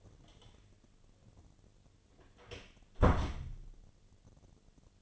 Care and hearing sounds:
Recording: daily activity, microphone in the room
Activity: close door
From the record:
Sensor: 4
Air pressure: 1008.5 hPa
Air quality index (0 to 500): 172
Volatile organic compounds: 5 ppm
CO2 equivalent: 1731 ppm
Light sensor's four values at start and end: 23/72/27/26 and 25/79/30/29

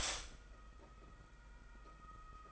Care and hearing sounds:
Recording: daily activity, microphone in the room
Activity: stop toaster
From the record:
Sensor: 5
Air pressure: 991.8 hPa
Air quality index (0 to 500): 165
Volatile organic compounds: 380 ppm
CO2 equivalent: 4637 ppm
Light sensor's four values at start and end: 32/108/40/43 and 32/108/40/43

